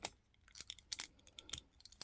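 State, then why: Seated. A sharp plastic snap at 0.9 s, the loudest of several clicks, marks the part locking in.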